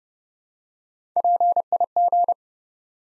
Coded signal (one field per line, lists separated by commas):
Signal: Morse code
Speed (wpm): 30 wpm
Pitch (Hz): 700 Hz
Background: none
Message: PIG